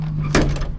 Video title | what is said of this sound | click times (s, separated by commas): Daihatsu Mira Walkthrough FULL OVERVIEW "Double Window" | tuck it away, it locks into place with this. | 0.3 s